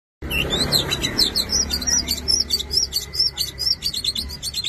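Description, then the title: Long-tailed shrike singing a fast series of high, thin chirps and squeaky notes over a steady low hum. Combination song style (kombinasi). "Cendet Kombinasi"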